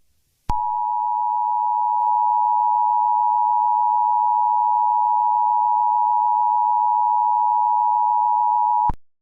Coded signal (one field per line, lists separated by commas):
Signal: Emergency Alert System (SAME) tones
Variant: 853 and 960 Hz attention tone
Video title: Grug The EAS Scenario (#101)